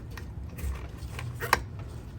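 On a 2007 997 Turbo, the wiring connector is pushed onto the next ignition coil after the rubber boot gets in the way, with faint handling noises around it. A sharp snap at 1.5 s is the connector seating home, and it is secured.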